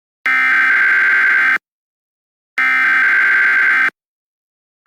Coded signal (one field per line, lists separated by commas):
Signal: Emergency Alert System (SAME) tones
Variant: header bursts